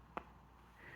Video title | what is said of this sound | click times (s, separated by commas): Octopus video 2 Face and Decreases | you'll hear a little click sound so you just want to push them until you hear the click | 0.2 s